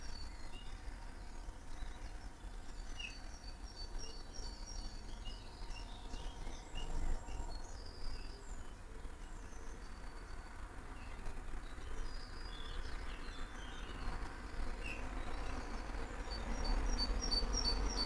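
Early-morning birdsong in a garden, with several species calling over one another in short chirps and trills that come and go throughout. Beneath them runs a steady low rumble and an even hiss, swelling slightly toward the end.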